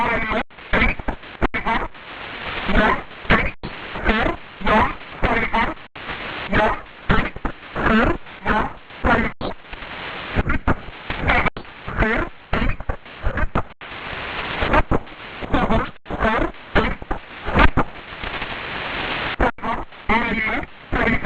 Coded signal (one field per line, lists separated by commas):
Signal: numbers station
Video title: 5411kHz 7/26/26 20:00:00 UTC Possible G12 Number Station